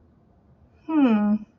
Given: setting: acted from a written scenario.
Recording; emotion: vocal sound without words; confusion